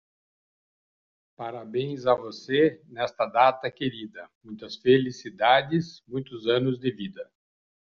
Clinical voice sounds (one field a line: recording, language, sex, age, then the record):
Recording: short text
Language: Brazilian Portuguese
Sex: male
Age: 60 to 69 years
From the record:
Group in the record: control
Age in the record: 65 years